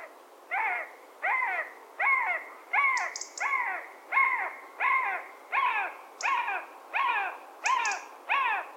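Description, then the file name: Eurasian jay giving harsh, rasping screeches, about a dozen in nine seconds at a steady pace, with a few thin, high ticking notes from another bird between them. "Garrulus glandarius"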